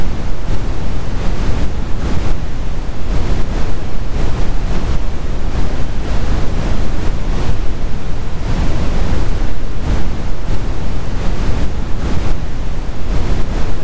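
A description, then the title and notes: Steady brown noise, a deep, dense rumble weighted heavily toward the low end with only a soft hiss above. It holds a constant level for the whole stretch, with faint, irregular swells in the upper range that give it a slight surf-like texture. BROWN NOISE.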